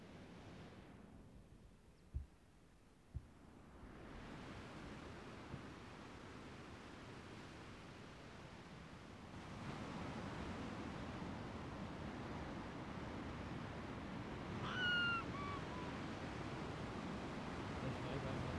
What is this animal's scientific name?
Vulpes lagopus